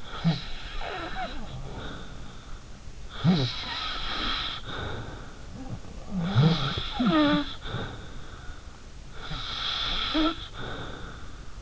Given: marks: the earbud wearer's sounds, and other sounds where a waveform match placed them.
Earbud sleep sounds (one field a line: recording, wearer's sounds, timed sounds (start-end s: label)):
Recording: sounds in sleep by an in-ear microphone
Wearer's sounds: snoring breath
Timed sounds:
0.00-2.67 s: snoring breath
1.12-2.81 s: sound from someone else or the room
3.10-5.55 s: snoring breath
5.41-7.83 s: sound from someone else or the room
5.57-8.60 s: snoring breath
9.17-11.62 s: snoring breath